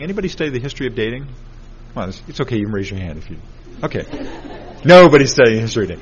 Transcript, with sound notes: Anybody study the history of dating? It’s okay. You can raise your hand. [Laughter] Okay, nobody’s studied the history of dating.